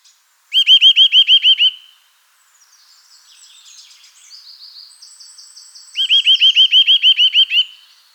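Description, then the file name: Eurasian nuthatch calls: two rapid series of loud, ringing whistled notes, with fainter high twittering between the bursts. "Sitta europaea"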